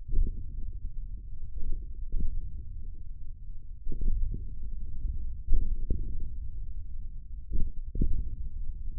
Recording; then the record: forearm muscle sounds (acoustic myography)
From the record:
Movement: hand opening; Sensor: system 1, eight BSWA MPA416 microphones around the upper forearm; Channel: 5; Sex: male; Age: 54 years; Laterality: right